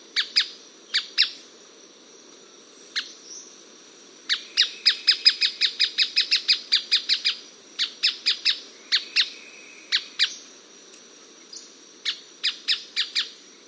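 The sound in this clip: Striated softtail uttering scattered sharp ticks that build into a fast, chattering run before thinning out again, over a quiet hiss.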